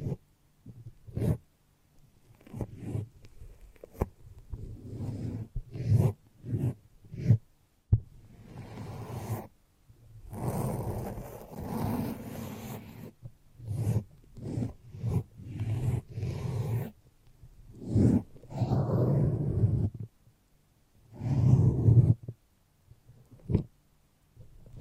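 Foamy, sticky squishing and scrunching sounds come in irregular bursts, some quick and clicky, others longer smeared rubs lasting a second or two. Low squelching dominates, with occasional brighter crackles, and brief silent gaps separate many of the strokes.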